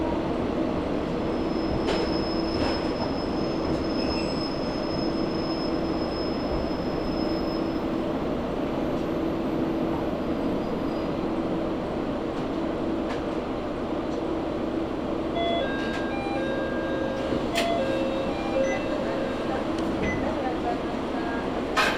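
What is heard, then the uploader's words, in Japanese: Riding inside a two-car local train, a steady, dense rumble of wheels and motor runs throughout. A thin high whine hangs in the first half, occasional clicks from the rails come through, and thin wheel squeals rise over the last several seconds. 松浦鉄道・西肥バス 中佐世保→佐世保→弓張岳展望台。無人駅の中佐世保駅から乗車する。列車は２両編成で車掌も乗務していました。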